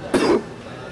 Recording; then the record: coughing mixed with background sound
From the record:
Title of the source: Coughing 77